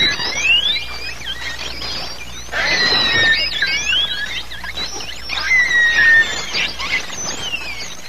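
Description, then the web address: Pilot whale calls: many overlapping whistles rising and falling, mixed with bursts of pulsed clicking sounds, over steady background hiss. "walvisstrandingen pilot"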